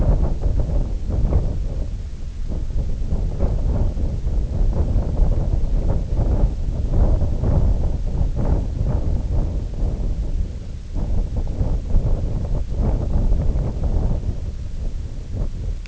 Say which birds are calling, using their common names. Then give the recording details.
none. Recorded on Arctic tundra, site IGLO-D, on 20 June 2018. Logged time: 16:00